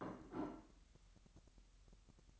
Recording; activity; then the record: daily activity, microphone in the room; place plate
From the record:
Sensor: 3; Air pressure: 1002.0 hPa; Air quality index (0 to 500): 246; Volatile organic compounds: 51 ppm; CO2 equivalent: 3304 ppm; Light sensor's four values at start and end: 12/37/16/13 and 12/37/16/13